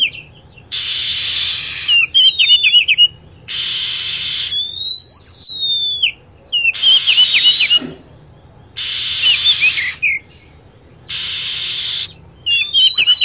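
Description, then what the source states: Lovebird calls: sharp, high squeaks and bending whistled chirps between repeated bursts of broad hissing noise. Lure sound for attracting birds.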